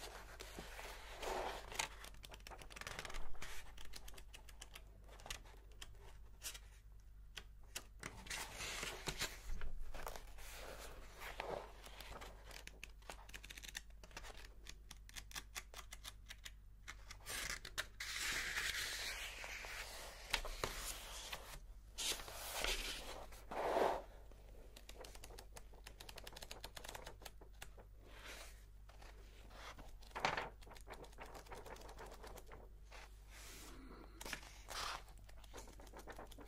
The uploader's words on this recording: Page Turning, Typing and Book Stamping.